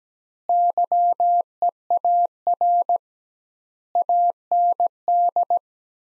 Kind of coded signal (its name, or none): Morse code